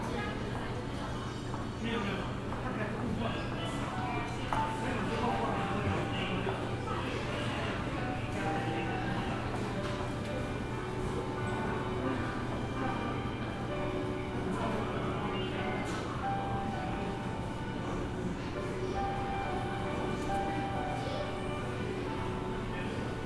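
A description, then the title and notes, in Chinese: Indoor ambience at an airport, a steady dense wash of crowd murmur over a constant low hum. Scattered voices and clatter rise and fall throughout, and a soft tone sounds briefly near five seconds and again a few times between sixteen and twenty-one seconds. 松山機場。記得當時散步累了,就在機場大廳隨意的找個地方坐著休息。看著熙來人往,搭配登機廣播。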